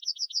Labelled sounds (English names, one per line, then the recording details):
Yellowhammer song
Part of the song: start
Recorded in the Czech Republic on 5 May 2013
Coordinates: 49.204, 14.886
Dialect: B?
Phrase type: B45
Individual 298154